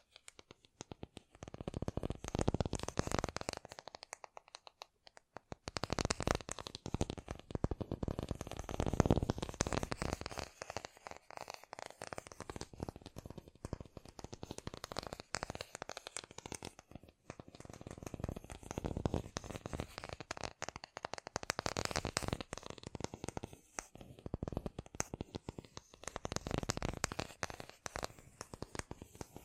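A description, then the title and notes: Fast, dense tapping runs almost without pause, a rapid patter of soft clicks and knocks with a crisp, papery edge. It stops briefly near the five-second mark and dips a few times later, then resumes at a similar busy, uneven pace to the end. ASMR Great Tapping Sounds for Sleep (No Talking).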